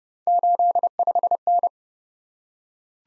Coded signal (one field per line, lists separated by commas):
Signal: Morse code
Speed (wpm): 30 wpm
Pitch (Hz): 700 Hz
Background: none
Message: 85N